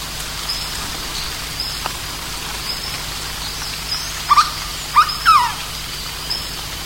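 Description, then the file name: Bird calls: three short harmonic notes in quick succession near the end, over steady hiss with faint regular high ticks. "SABIOD 50 bird 2015"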